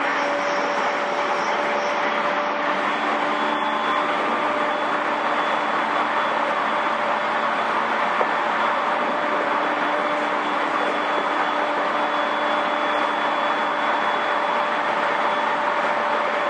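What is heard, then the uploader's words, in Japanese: A JR East 231-series train running between Ito and Yokohama, heard as a steady, dense rumble and hiss that barely changes over the whole stretch. A constant whining hum runs through it at a mid pitch, with a fainter lower tone beneath. JRE231系 伊東〜横浜。区間は伊東線→東海道線です。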